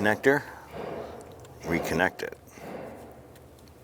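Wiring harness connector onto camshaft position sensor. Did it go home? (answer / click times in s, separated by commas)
no / none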